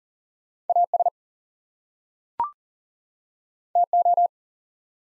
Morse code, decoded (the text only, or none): AS TO